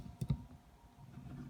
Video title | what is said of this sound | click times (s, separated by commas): how to fix ribbon cable on IPDE402 | you have to kind of push down on this until it clicks like that use your fingernails | 0.2 s, 0.3 s